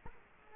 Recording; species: mosquito wingbeat signal from an infrared sensor; Culex quinquefasciatus